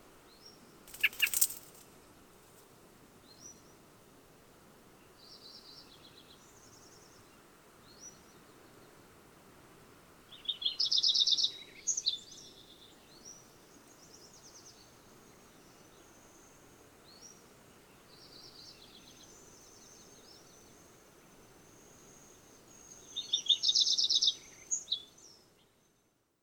Lincoln's Sparrow song recorded from two different birds on the Cow Creek Trail in Rocky Mountain National Park.